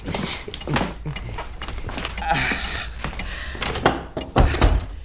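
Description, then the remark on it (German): A door swings open with scraping and a few dull wooden thumps, followed by rustling movement and soft footsteps as someone comes in; no one speaks. “Der Lauscher an der Tür ist Henry. Ich war gerade rein zufällig. Kommen Sie herein.”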